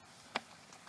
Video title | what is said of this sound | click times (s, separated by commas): Constructing a Greenhouse or High Tunnel: Part 6- Assembling the Roll-Up Sides | So typically, we'll put these in the lower channel. And those just snap right into that | 0.4 s